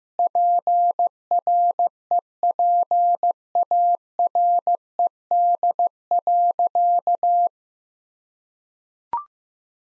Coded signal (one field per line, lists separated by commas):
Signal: Morse code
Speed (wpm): 16 wpm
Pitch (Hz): 700 Hz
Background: none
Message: PREPARED.